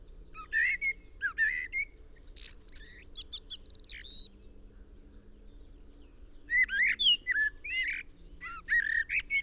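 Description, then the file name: Common blackbird calling in harsh, harmonic bursts around two clusters, notes rising and falling sharply, with a low steady hum beneath and quiet gaps between. "Turdus merula"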